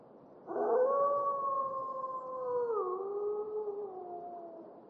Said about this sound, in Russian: Облокотилась на ограду, слушает волков.